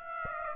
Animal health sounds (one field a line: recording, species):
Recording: mosquito wingbeat signal from an infrared sensor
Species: Aedes aegypti